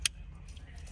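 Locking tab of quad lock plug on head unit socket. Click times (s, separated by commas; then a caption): 0.1 s. The plastic locking tab on a quad lock plug is pressed down onto the head unit socket during a Holden Commodore VF installation, giving a sharp, bright snap at 0.1 s over a low steady rumble. A much fainter tick follows around 0.6 s. The connector is seated, locked and firm.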